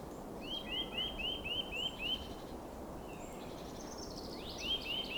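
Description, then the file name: Eurasian nuthatch with a rapid string of rising piping whistles, a pause filled by soft twittering of other birds, then a fresh burst of the same whistles. "Sitta europaea"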